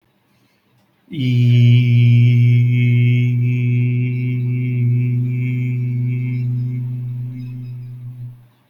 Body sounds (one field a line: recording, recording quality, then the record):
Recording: sustained vowel as in beet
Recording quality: excellent, no background noise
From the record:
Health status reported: healthy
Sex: male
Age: 20 years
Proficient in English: yes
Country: India